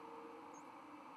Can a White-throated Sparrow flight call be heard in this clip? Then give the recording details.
no. Another species' flight call is heard. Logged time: 22:53 on 30 October 2014